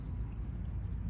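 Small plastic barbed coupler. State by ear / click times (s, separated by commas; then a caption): not seated / none. A plastic two-way barbed coupler, used to join 1/4 inch tubing, is handled at a punched hole in 1/2 inch poly drip tubing. Only a steady, low rumbling noise is heard, with no distinct transients. The coupler has not popped in or seated yet.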